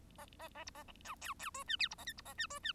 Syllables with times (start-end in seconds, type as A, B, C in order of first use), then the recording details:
0.18-0.26 A, 0.39-0.49 A, 0.55-0.64 A, 0.66-0.70 B, 0.74-0.83 A, 1.04-1.15 C, 1.21-1.34 D, 1.39-1.51 D, 1.54-1.64 E, 1.68-1.76 F, 1.79-1.88 G, 1.90-1.95 B, 1.98-2.05 A, 2.06-2.13 H, 2.17-2.21 B, 2.25-2.34 A, 2.38-2.47 F, 2.50-2.59 E, 2.63-2.73 F. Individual Bird1